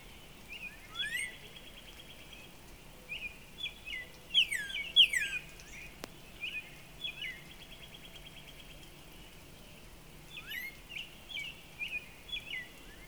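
Northern Cardinal song: clear down-slurred whistled notes in short groups, sometimes rapid, separated by pauses, against a continuous high-pitched chorus of other birds or insects.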